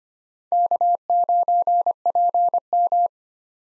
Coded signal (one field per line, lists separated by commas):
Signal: Morse code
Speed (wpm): 25 wpm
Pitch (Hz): 700 Hz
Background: none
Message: K9PM